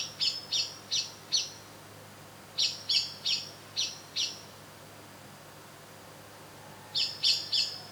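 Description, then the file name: Common blackbird producing sharp, high chinking notes in rapid runs of three to five, separated by pauses. "Turdus merula"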